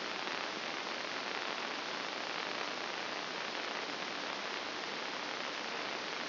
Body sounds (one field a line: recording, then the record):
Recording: brain microelectrode recording played as sound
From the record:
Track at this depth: inside the subthalamic nucleus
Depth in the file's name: 4.863 mm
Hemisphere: left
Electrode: 2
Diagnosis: Parkinson's disease